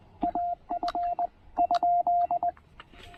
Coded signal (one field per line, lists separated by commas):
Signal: Morse code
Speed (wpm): 20 wpm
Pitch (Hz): 690 Hz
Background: radio noise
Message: AF ?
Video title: Logging some serious QRP DX with the TR-45 and Tufteln EFRW during a quick afternoon POTA break!